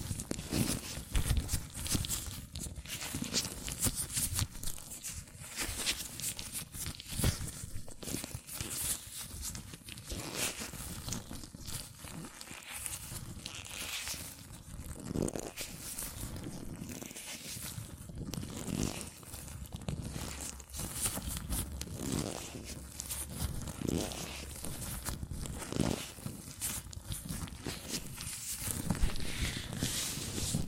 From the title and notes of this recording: ASMR Latex Gloves Hand Sounds (No Talking).